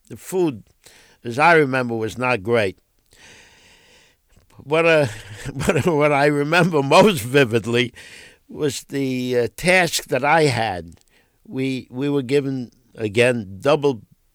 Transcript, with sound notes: The food, as I remember, was not great. But what I remember most vividly ( he laughs ) was the task that I had. We were given, again, double